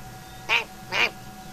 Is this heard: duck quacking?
yes